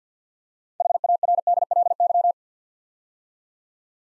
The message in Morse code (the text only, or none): HARDLY